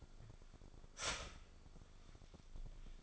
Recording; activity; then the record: daily activity, microphone in the room; start toaster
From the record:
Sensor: 5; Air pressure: 1004.3 hPa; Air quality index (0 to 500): 170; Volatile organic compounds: 4 ppm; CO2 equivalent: 1595 ppm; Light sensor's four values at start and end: 33/107/40/41 and 33/108/40/41